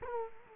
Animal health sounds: mosquito wingbeat signal from an infrared sensor; Culex quinquefasciatus

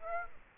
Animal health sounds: mosquito wingbeat signal from an infrared sensor; Aedes aegypti

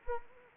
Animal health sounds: mosquito wingbeat signal from an infrared sensor; Anopheles arabiensis

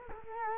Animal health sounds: mosquito wingbeat signal from an infrared sensor; Culex quinquefasciatus

